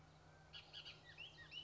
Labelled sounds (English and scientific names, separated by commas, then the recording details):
Bullock's Oriole (Icterus bullockii)
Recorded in Sonoma County, California